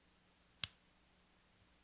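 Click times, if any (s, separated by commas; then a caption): 0.6 s. A programming cable's dual-pin plug, with the thicker, longer connector on the left and the shorter, thinner one on the right, is pushed into the side port under a small door on a Retevis RB17P GMRS handheld radio. A single sharp click sounds at 0.6 s over a quiet background with a faint steady low hum. The plug clips into place and is seated.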